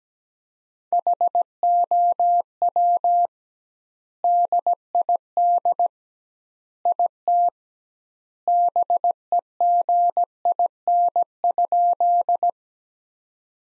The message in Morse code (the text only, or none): HOW DID IT BEGIN?